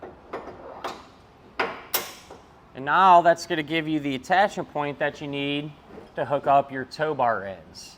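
A steel removable tow bar arm for a Blue Ox base plate kit on a 2023 GMC Canyon is inserted into the base plate receiver on the second side and rotated about a quarter turn until it locks into place. Several metallic clicks sound in the first two seconds, with the arm seating at 1.6 s. Someone then talks.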